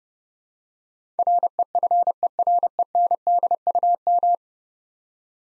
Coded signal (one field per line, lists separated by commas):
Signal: Morse code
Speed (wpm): 30 wpm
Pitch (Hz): 700 Hz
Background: none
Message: REFERENDUM